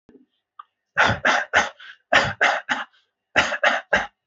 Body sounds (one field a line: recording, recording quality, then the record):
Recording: shallow voluntary cough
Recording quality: excellent, no background noise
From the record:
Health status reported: healthy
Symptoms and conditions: none ticked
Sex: male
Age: 24 years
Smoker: not ticked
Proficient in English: yes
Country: India